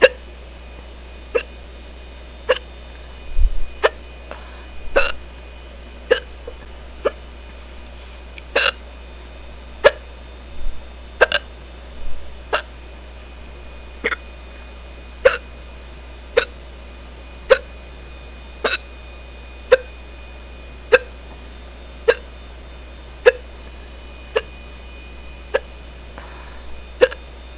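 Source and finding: Adult. Hiccups.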